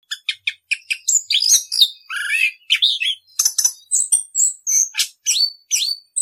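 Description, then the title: Orange-headed thrush song with clipped high chirps, then looping whistled slurs and sharp downward notes, delivered rapidly with short gaps. Continuous rolling song (ngerol). "Anis Kembang suara anis kembang ngerol"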